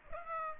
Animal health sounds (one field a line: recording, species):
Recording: mosquito wingbeat signal from an infrared sensor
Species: Aedes aegypti